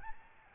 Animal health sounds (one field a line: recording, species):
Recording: mosquito wingbeat signal from an infrared sensor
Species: Aedes albopictus